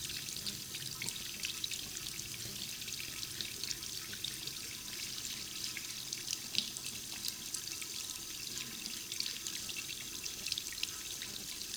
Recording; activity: daily activity, guitar pickup as the sensor; wash hands